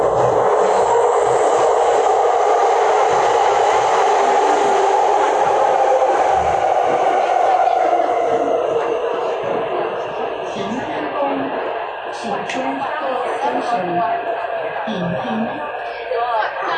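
A metro train runs with a steady, dense rumble and a high motor whine that holds through the first half, then eases after about ten seconds. Scattered voices and chatter surface over the quieter ride toward the end.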